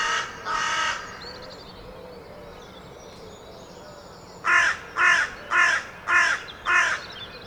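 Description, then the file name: Carrion crow: two hoarse caws, a pause of several seconds, then five short caws in quick, regular succession. "Corvus corone"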